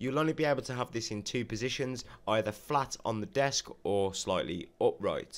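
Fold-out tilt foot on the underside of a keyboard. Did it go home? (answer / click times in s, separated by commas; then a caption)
no / none. Someone talks throughout while handling the plastic fold-out tilt feet on the underside of a Motospeed GK82 gaming keyboard with brown switches; the feet are single-tier and set the board either flat or slightly upright. Nothing has snapped or locked into place yet by the end of the clip.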